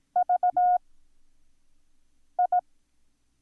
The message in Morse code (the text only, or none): VI